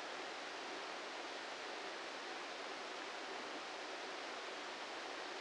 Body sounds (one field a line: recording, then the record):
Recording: brain microelectrode recording played as sound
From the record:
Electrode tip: outside the subthalamic nucleus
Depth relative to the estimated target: -6 mm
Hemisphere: left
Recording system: NeuroSet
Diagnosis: Parkinson's disease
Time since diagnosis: 8 years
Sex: male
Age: 58 years